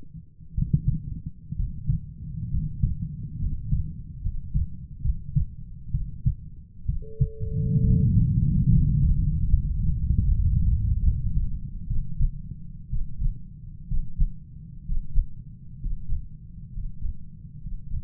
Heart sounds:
heart sounds by stethoscope; 67 bpm
0.54 s: heartbeat
1.56 s: heartbeat
2.50 s: heartbeat
3.38 s: heartbeat
4.21 s: heartbeat
5.01 s: heartbeat
5.91 s: heartbeat
6.86 s: heartbeat
7.81 s: heartbeat
8.68 s: heartbeat
9.48 s: heartbeat
10.24 s: heartbeat
11.00 s: heartbeat
11.87 s: heartbeat
12.90 s: heartbeat
13.88 s: heartbeat
14.85 s: heartbeat
15.80 s: heartbeat
16.72 s: heartbeat
17.61 s: heartbeat
From the record:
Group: healthy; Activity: rest 0-7 s, breath hold 7-18 s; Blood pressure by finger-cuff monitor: 126/77 mmHg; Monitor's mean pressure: 90 mmHg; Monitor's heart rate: 64 bpm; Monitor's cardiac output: 6.9 L/min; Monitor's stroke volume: 109 mL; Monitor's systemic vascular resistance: 920 dyn s/cm5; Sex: male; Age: 23 years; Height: 178 cm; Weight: 96.6 kg

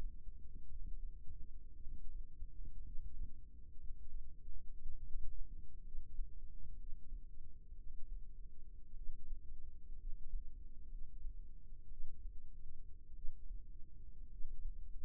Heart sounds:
heart sounds by microphone in the left ear; 57 bpm
0.69 s: heartbeat
1.81 s: heartbeat
2.86 s: heartbeat
3.81 s: heartbeat
4.80 s: heartbeat
5.85 s: heartbeat
6.79 s: heartbeat
7.78 s: heartbeat
8.97 s: heartbeat
10.00 s: heartbeat
10.91 s: heartbeat
11.90 s: heartbeat
13.16 s: heartbeat
14.31 s: heartbeat
From the record:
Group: healthy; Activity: rest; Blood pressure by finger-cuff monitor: 75/48 mmHg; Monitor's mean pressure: 57 mmHg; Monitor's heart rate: 60 bpm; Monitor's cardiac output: 5.4 L/min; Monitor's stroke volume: 91 mL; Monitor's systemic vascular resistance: 730 dyn s/cm5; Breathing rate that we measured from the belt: 17 breaths a minute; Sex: male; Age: 22 years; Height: 181 cm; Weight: 79 kg

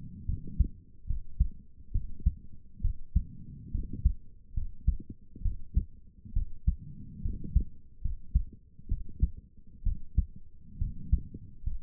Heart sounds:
heart sounds by stethoscope; 69 bpm
0.25 s: heartbeat
1.06 s: heartbeat
1.91 s: heartbeat
2.81 s: heartbeat
3.71 s: heartbeat
4.53 s: heartbeat
5.42 s: heartbeat
6.33 s: heartbeat
7.22 s: heartbeat
8.01 s: heartbeat
8.88 s: heartbeat
9.83 s: heartbeat
10.78 s: heartbeat
11.63 s: heartbeat
From the record:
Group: healthy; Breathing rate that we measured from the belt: 17 breaths a minute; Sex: female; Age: 22 years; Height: 154 cm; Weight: 58.7 kg

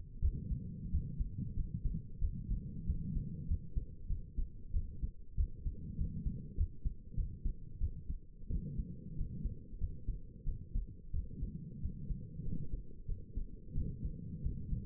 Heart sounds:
heart sounds by stethoscope; 93 bpm
0.22 s: heartbeat
0.92 s: heartbeat
1.56 s: heartbeat
2.21 s: heartbeat
2.87 s: heartbeat
3.48 s: heartbeat
4.09 s: heartbeat
4.73 s: heartbeat
5.37 s: heartbeat
5.98 s: heartbeat
6.57 s: heartbeat
7.17 s: heartbeat
7.80 s: heartbeat
8.50 s: heartbeat
9.17 s: heartbeat
9.80 s: heartbeat
10.46 s: heartbeat
11.13 s: heartbeat
11.82 s: heartbeat
12.45 s: heartbeat
13.08 s: heartbeat
13.75 s: heartbeat
14.43 s: heartbeat
From the record:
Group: healthy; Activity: rest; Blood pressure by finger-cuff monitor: 126/84 mmHg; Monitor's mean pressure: 95 mmHg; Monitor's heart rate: 93 bpm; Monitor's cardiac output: 7 L/min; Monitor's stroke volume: 76 mL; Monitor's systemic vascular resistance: 990 dyn s/cm5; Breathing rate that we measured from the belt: 22 breaths a minute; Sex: female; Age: 22 years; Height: 163 cm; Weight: 67.1 kg

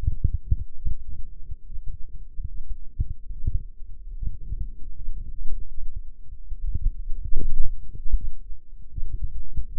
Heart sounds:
heart sounds by microphone in the left ear; 74 bpm
0.75 s: heartbeat
1.64 s: heartbeat
2.46 s: heartbeat
3.31 s: heartbeat
4.14 s: heartbeat
4.95 s: heartbeat
5.72 s: heartbeat
6.51 s: heartbeat
7.34 s: heartbeat
8.14 s: heartbeat
8.89 s: heartbeat
9.65 s: heartbeat
From the record:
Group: healthy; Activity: rest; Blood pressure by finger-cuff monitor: 104/71 mmHg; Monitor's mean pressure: 81 mmHg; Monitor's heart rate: 73 bpm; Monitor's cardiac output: 5.3 L/min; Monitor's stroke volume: 73 mL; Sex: female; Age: 36 years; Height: 163 cm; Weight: 88 kg

